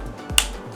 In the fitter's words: well, that snaps out nice.